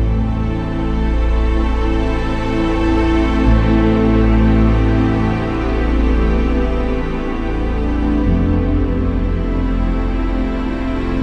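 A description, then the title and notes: Slow, relaxing music of long held tones over a soft, constant wash, with loudness staying even throughout. The deep bass note shifts twice, near 3.5 and 8 seconds, while the higher sustained layers drift quietly above without any sharp events. Enjoy 10 minutes of relaxing music mixed with ocean wave sounds.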